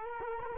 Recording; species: mosquito wingbeat signal from an infrared sensor; Culex quinquefasciatus